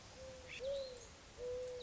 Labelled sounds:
Mourning Dove
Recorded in Sonoma County, California

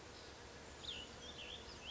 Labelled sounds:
Cassin's Vireo
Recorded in Sonoma County, California

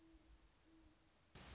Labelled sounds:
Great Horned Owl
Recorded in Sonoma County, California

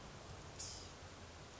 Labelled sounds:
Blue-gray Gnatcatcher
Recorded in Sonoma County, California

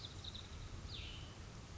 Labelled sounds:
Cassin's Vireo
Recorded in Sonoma County, California

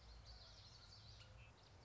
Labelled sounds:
Common Yellowthroat
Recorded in Sonoma County, California

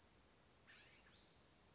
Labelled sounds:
California Scrub-Jay
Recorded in Sonoma County, California

